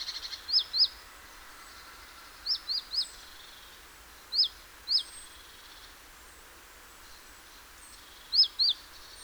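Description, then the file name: Great tit calls: brief high rising-falling chirps in small groups of two or three, separated by gaps of a few seconds. "Parus major"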